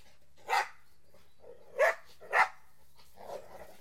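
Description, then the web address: Dog gives three loud barks, the last two close together, followed by softer, muffled barking sounds. "The BBC Sound Effects Library - Complete 60 CDs Collection Sound Effects Library-38 (Horses # 2 and Dogs)"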